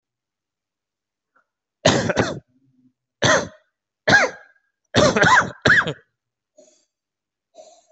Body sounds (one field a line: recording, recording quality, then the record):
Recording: heavy voluntary cough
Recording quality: excellent, no background noise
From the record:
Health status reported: COVID-19 positive, mild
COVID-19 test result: positive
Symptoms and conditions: cough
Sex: male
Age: 36 years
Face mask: worn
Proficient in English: yes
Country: India